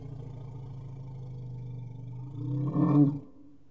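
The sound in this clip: Elephant growl: a low, steady rumbling drone for about two seconds, then swelling into a louder, harsher roaring blast that fades away.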